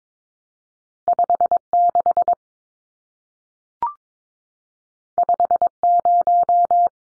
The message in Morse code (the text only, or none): 56 50